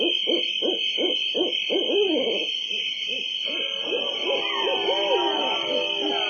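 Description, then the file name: Owl giving rapid runs of short low hoots, later joined by wavering drawn-out tones, with a constant high-pitched buzz throughout. "Coruja"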